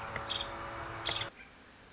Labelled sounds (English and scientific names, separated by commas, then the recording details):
Nuttall's Woodpecker (Dryobates nuttallii)
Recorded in Sonoma County, California